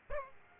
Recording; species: mosquito wingbeat signal from an infrared sensor; Aedes aegypti